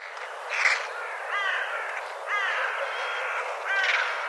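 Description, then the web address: Bird calls as a tangle of chirps, squawks and bent nasal notes throughout. "cianscape birddata"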